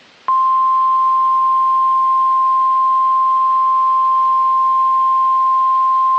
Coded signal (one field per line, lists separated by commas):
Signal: Emergency Alert System (SAME) tones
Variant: 1050 Hz attention tone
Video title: EAS#400!!! Flash Flood Warning KIH28 07/09/23